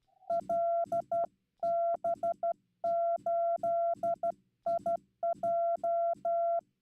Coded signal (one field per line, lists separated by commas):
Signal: Morse code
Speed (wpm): 12 wpm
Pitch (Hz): 680 Hz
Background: none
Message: LB8IJ